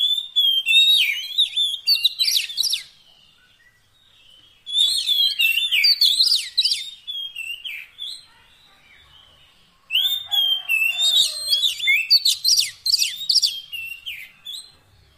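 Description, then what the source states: Oriental magpie-robin song in three loud bursts of varied whistles, trills and sharp notes, separated by short silences. Fill-in (isian) training song of long duration, meant to get a kept bird singing vigorously (gacor) day and night.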